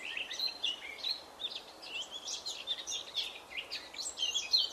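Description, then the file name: Eurasian blackcap delivering a continuous, bubbling warble of short whistled and twittering notes, with steady background hiss. "Sylvia atricapilla"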